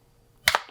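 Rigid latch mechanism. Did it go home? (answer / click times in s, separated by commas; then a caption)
released / 0.5 s. A hidden folding T-handle on a custom fishing rod's fighting butt is snapped out of its locked position in the rod butt gimbal so it can be used to fight a fish. After near silence, there is a sharp, loud snap at 0.5 s, followed by a quieter second hit just after it. The T-handle is released from its lock.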